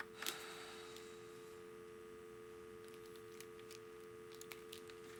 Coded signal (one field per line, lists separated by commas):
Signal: telephone call progress tone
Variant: North America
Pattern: dial tone